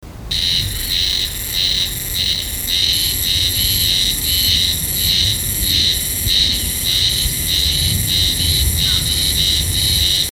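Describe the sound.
Haruzemi cicada song, a continuous high buzz pulsing in short regular beats roughly every half second, with low background rumble throughout.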